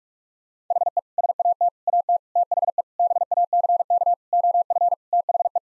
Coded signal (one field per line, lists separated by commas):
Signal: Morse code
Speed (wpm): 46 wpm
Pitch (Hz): 700 Hz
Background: none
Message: HE SAT AT THE BACK OF THE